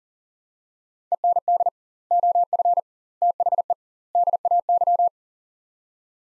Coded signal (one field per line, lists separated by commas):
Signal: Morse code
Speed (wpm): 40 wpm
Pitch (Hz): 700 Hz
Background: none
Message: END OF THE DAY